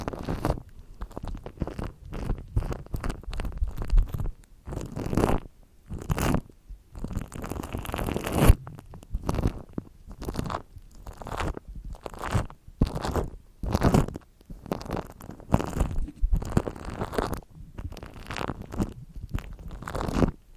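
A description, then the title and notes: Brushing and scratching on a microphone, dense bursts of scraping and rubbing that pulse irregularly every half-second or so, with deep thumps. ASMR Mic Triggers (Haircut & Scalp Check With Treatment On The Mic) No Talking.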